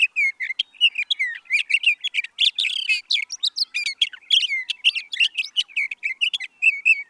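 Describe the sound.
Sage thrasher song: a long, rapid, unbroken warble of varied whistled and buzzy notes, quick chirps and short slurs running continuously without pause.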